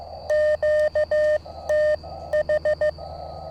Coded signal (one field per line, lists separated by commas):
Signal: Morse code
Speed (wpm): 15 wpm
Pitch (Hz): 610 Hz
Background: none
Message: QTH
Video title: QRP CW ~ Mountain topper QSO! MTR3B + Trail Friendly Portable Antenna